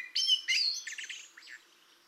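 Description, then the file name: Common blackbird giving one brief, varied phrase of a few quick notes that fades away. "Turdus merula"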